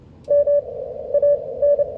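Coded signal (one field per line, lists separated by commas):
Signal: Morse code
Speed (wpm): 29 wpm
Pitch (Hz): 580 Hz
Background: none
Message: MAN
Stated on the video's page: 15 m CW contact with Japan using phased half-square verticals, with the far station running 1 kW into a 5-element beam.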